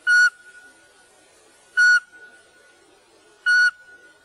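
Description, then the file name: Eurasian pygmy owl giving short, clear whistled notes on one steady pitch, three notes roughly every one and a half to two seconds, over a faint continuous tone. "spurvugle"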